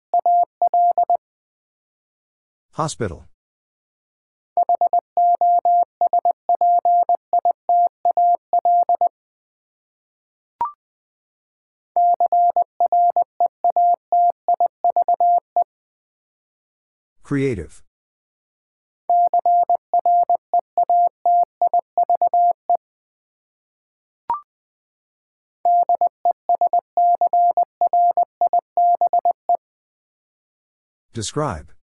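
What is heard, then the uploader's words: Morse code beeps in a steady mid-pitched tone, sent in quick bursts of dots and dashes, broken every few seconds by sharp whooshing sweeps. Eight Letter Words - 20wpm. First, the word is sent in Morse code. Finally, it is sent again in More code.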